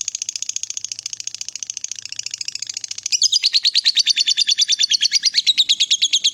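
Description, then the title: Lovebird chattering in a fast, continuous rattling trill that grows louder and harsher halfway through. The lovebird's style is said to make it look very good at provoking or luring other birds into calling. "Dari Gayanya Lovebird Ini Terlihat Pintar Sekali Memancing"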